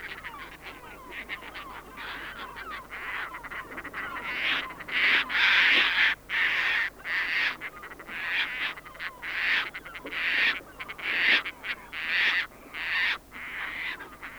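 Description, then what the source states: Caspian Tern giving rough, rasping calls, roughly one per second, louder in the second half. Field recording in Sweden.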